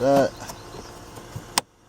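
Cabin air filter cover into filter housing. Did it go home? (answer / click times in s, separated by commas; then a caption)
yes / 1.6 s. A plastic cabin air filter access cover on a 2010–2016 Hyundai Genesis Coupe is pushed back into the filter housing behind the glovebox. Someone talks briefly at the start, then a low background hum continues until a sharp, bright click at 1.6 s as the cover snaps home and seats in place.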